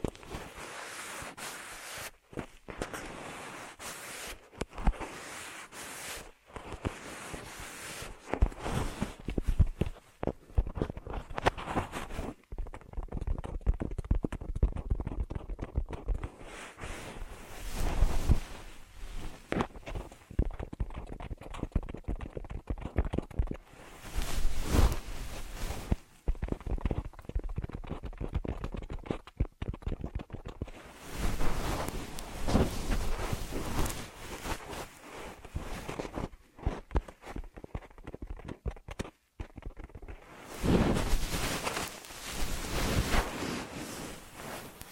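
Ear massage triggers: dense, crackling rubbing and brushing that runs almost without pause through the clip. The strokes come in irregular waves, with brighter, hissier stretches around 25, 31 to 35 and 41 to 45 seconds, and brief sharp drop-outs between some passes.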